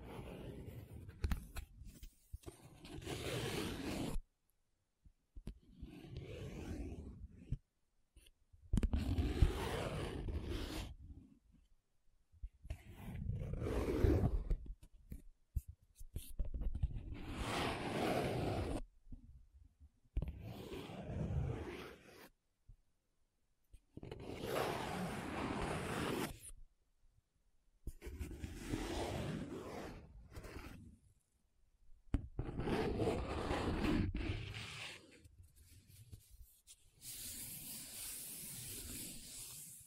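Paper being traced, scratched and rubbed in repeated bursts of about one to three seconds, separated by short silences. Each stroke is a dry, raspy scrape across low and bright tones, with some strokes quicker and choppier. A brighter hiss closes the final seconds.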